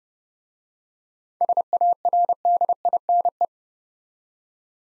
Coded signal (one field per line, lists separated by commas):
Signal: Morse code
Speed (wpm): 28 wpm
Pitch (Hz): 700 Hz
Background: none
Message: SARDINE